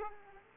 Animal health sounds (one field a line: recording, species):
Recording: mosquito wingbeat signal from an infrared sensor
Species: Aedes aegypti